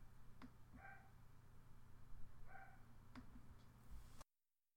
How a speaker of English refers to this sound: Are we gonna wait the dog barking? Yeah. Just wait for the dog to. Okay, we're gonna chill out. We're gonna wait until the dog starts barking, and then we'll be back.